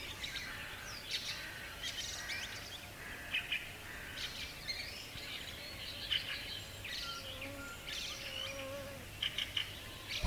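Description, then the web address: Several birds singing at once, quick twittering phrases and sharp chirps in bursts, over a faint continuous hum. Several birds singing together at dawn in a garden in summer. "multi voiced bird singing at dawn in the summer garden"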